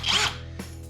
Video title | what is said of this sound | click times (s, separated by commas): A 20V Brushless Drill For Only $50! | All you do to put the battery on is just simply slide it in until it clicks in place. | 0.6 s